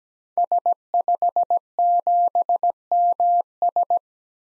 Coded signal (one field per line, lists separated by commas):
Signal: Morse code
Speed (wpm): 17 wpm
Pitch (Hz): 700 Hz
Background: none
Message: S57MS